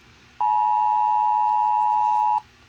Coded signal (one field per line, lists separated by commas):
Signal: Emergency Alert System (SAME) tones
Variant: 853 and 960 Hz attention tone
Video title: eas alarms